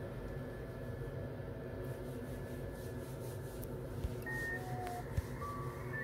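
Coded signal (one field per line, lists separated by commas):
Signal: FT8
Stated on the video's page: FT8 from an Icom IC-705 during setup and testing.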